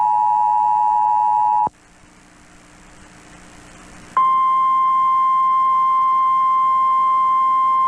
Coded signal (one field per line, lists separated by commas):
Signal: Emergency Alert System (SAME) tones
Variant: 853 and 960 Hz attention tone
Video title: The first ever recorded EAS alert